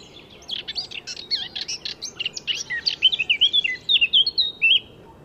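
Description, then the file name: Eurasian blackcap singing a fast, chattering warble that brightens into a run of pure, rich whistled notes at the end. "Sylvia atricapilla"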